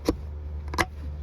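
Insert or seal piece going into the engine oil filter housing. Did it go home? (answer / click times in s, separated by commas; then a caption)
yes / 0.8 s. An insert or seal piece in an engine oil filter housing, which should sit flush, is pushed down with more force until it pops into place. A sharp click comes at 0.1 s and faint ticks at 0.7 s, then the loudest, brief snap at 0.8 s marks the piece seating, all over a steady low hum.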